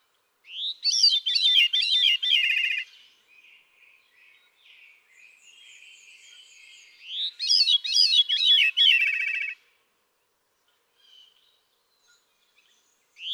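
Veery song: two fluting, downward-spiraling phrases of reedy whistled notes, a few seconds apart, with faint quiet sounds in between, and the start of another at the very end.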